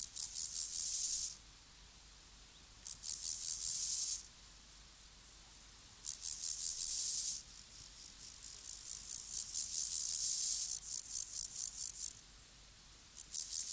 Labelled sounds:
Water-meadow Grasshopper (Chorthippus montanus) stridulation
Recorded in the wild
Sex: male
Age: imago
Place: Summt, Brandenburg, DE
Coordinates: 52.6894, 13.3617
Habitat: wet meadow, glade
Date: 1983-08-20 17:32
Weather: hazy, 28°C
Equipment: Nagra SN (Automatic), Sennheiser MKH 416 T, Kopie Uher 4000 Report Monitor
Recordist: Tembrock, Günter

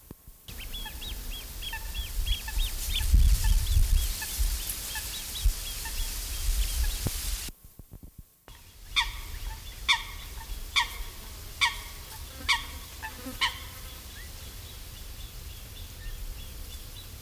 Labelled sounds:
Eurasian Coot (Fulica atra) call
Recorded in the wild
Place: Mühlenbecker See, Brandenburg, DE
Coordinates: 52.27, 13.01
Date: 1995-07-29 19:00
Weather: heiter, 24°C
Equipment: Sony WM-D6C, Sennheiser ME 80, Kopie Uher 4000 Report Monitor
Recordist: Tembrock, Günter

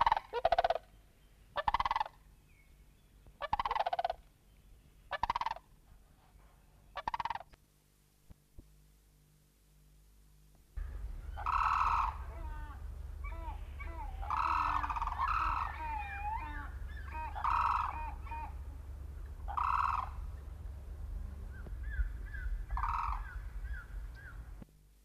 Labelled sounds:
Sandhill Crane (Antigone canadensis) call
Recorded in captivity
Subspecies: tabida
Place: Vogelpark Walsrode, Niedersachsen, DE
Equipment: Halbspur, 9,5 cm/s
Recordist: Lütgens, Hans

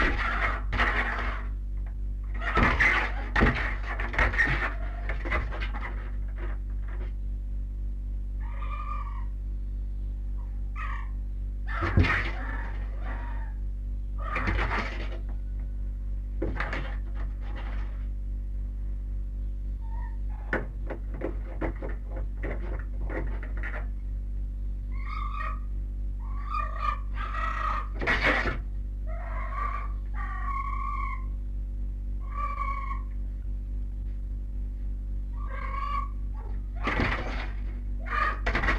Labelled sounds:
Red Fox (Vulpes vulpes)
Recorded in captivity
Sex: male
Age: juvenile
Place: Zoologisches Institut der HUB, Berlin, DE
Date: 1958-06-14
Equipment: Smaragd
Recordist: Tembrock, Günter
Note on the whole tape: Welpenrüde "Jean" einzeln gehalten. Beobachter "mufft" ohne hineinzugehen, Welpe winselt hinter der Tür, scharrt, Winseln bis Kreischen, dann auch Bellstrophe und Bellrhythmus

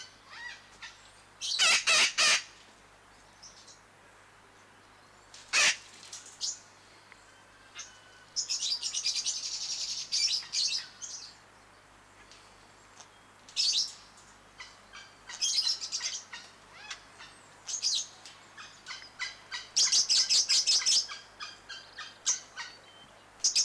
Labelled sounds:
Fischer's Lovebird (Agapornis fischeri) call
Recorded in captivity
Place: Tiergarten Wilhelma/Stuttgart, Baden-Württemberg, DE
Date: 2004-10-03 18:27
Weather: bedeckt - heiter, 17°C
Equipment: Sony WM-D6C, Sennheiser ME 80, Kopie Uher 4000 Report Monitor
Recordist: Tembrock, Günter

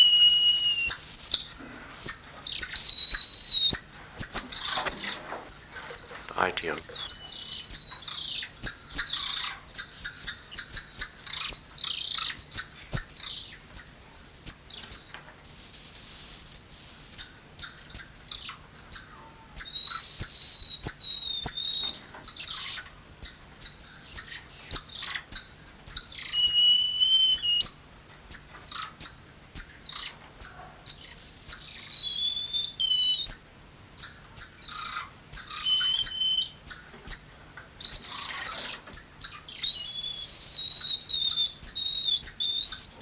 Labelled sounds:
Golden Lion Tamarin (Leontopithecus rosalia) call
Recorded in captivity
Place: Zoo Magdeburg, Sachsen-Anhalt, DE
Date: 1995-04-05 10:57
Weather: sonnig, 8°C
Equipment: Sony WM-D6C, Mikro Philips, Kopie Uher 4200 Report Mono
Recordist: Tembrock, Günter

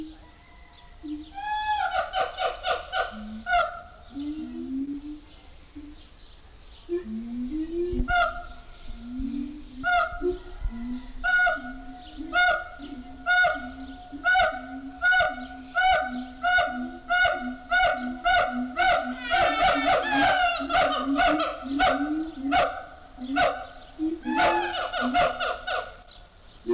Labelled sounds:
Siamang (Symphalangus syndactylus)
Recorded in captivity
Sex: diverse
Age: diverse
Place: Zoo Berlin, Berlin, DE
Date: 1998-06-20
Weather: wolkig - heiter, 18° C
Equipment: Sony MD-WM MZ-R3, Sennheiser ME 80, Kopie Uher 4000 Report Monitor
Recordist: Tembrock, Günter

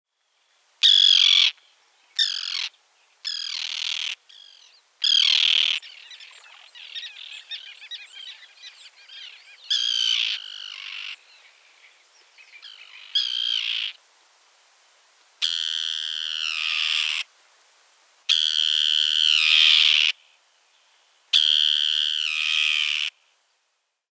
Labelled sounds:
Common Tern (Sterna hirundo)
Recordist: Tembrock, Günter
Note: Flugrufe

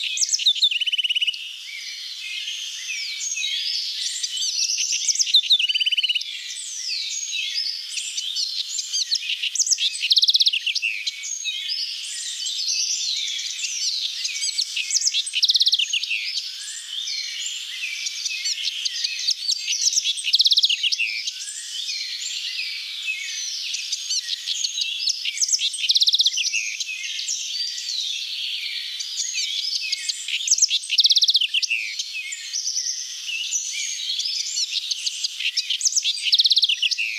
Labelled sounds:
House Wren (Troglodytes aedon) song
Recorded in the wild
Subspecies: musculus
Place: La Pacifica, San José, Umgebung Hotel, CR
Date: 1992-04-23
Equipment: Dat-Recorder Casio DA 7, Telinga DAT, Telinga-Parabolspiegel
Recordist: Schwarz, Dieter

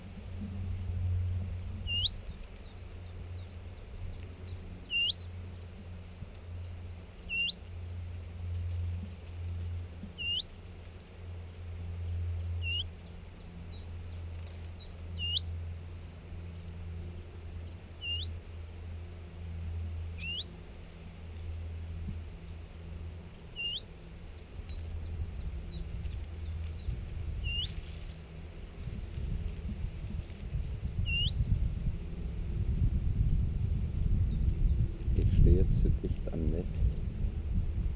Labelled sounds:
Willow Warbler (Phylloscopus trochilus)
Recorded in the wild
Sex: male
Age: adult
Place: Hallthurm, Bayern, DE
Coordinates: 47.7, 12.9333
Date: 1964-07-01
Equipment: LGS26
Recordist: Stumbrat
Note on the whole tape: Unterhalb Hallthurm. Aufnahmen am Nest: Gesänge, Lock-Rufe

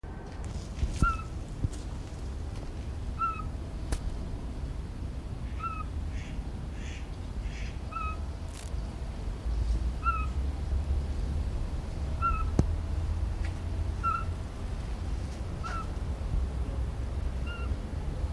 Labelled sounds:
Eurasian Scops Owl (Otus scops) call
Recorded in captivity
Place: Zoo Berlin, Berlin, DE
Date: 1997-10-03 19:40
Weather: heiter, 11°C
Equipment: Sony MD-WM MZ-R3, Sennheiser ME 80, Kopie Uher 4000 Report Monitor
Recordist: Tembrock, Günter
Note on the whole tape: Rufreihen, etwa 3 Lauttypen

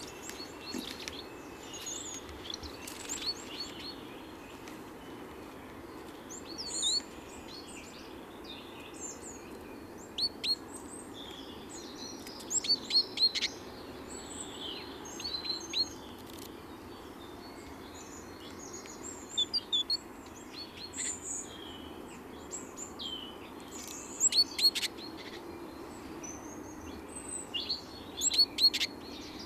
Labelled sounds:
Great Tit (Parus major) song
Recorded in the wild
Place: Kaiserslautern, Rheinland-Pfalz, DE
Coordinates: 49.4133, 7.7675
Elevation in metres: 387
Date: 1975-03-15
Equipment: Nagra IV
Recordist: Tretzel, Erwin

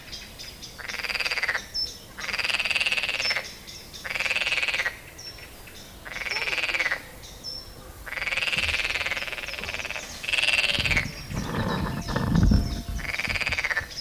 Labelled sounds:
Edible Frog (Pelophylax esculentus) call
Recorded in the wild
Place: Lübars (Fließtal), Berlin, DE
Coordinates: 52.6167, 13.35
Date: 1999-05-01 12:00
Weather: heiter, 15°C
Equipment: Nagra SN, Kopie Uher 4000 Report Monitor
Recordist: Tembrock, Günter
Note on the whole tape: Mehrere Exemplare: Lautfolgen

